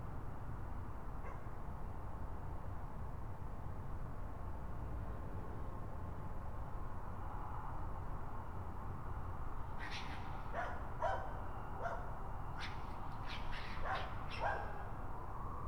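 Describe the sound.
Raccoon giving rapid, sharp yelping cries in a burst during the second half, over a continuous deep rumbling background.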